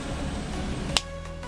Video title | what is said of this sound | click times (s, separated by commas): Plasticon Builds My first Blokees | Ooh, yeah, that's a satisfying click. | 1.0 s